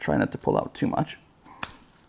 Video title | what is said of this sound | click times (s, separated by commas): IWI Tavor X95 Cleaning Guide - 5.56 NATO | there we go okay so that little click is all you need | 1.6 s